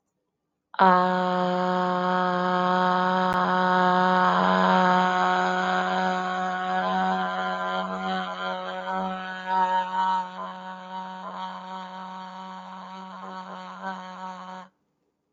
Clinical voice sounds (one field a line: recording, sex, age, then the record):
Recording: vowel held as long as possible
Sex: female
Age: 20 to 29 years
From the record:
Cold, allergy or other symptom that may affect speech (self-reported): no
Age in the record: 26 years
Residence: Indiana, United States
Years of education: 16